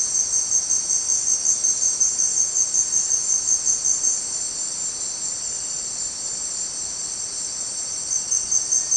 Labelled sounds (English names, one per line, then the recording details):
none
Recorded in dense forest near Puerto Asís, Putumayo, Colombia, on 29 June 2025 at 18:00
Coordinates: 0.484, -76.317
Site G045